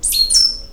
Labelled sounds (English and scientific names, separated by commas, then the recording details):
Stitchbird (Notiomystis cincta) song
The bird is a male
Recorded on Tiritiri Matangi Island, New Zealand, in 2005
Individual 20, of nest box 28